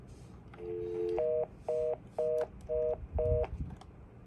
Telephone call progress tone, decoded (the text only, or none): reorder tone